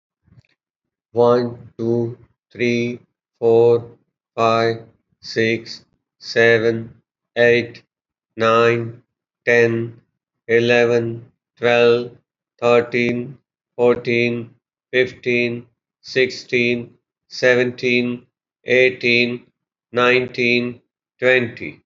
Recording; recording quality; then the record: counting at a normal pace; excellent, no background noise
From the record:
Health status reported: healthy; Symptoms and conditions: none ticked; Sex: male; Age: 63 years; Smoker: not ticked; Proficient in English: yes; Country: India